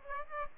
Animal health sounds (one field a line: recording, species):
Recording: mosquito wingbeat signal from an infrared sensor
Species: Aedes aegypti